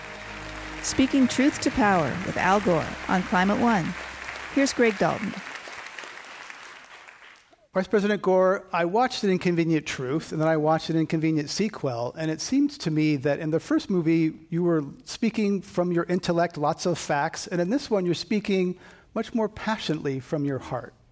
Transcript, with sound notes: Speaking truth to power, with Al Gore, on Climate One. Here’s Greg Dalton.
[Applause]
Vice President Gore, I watched An Inconvenient Truth and then I watched An Inconvenient Sequel. And it seems to me that in the first movie you were speaking from your intellect, lots of facts. And in this one you’re speaking much more passionately from your heart.